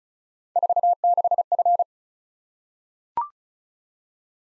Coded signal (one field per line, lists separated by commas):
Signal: Morse code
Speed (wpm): 36 wpm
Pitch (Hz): 700 Hz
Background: none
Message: 46F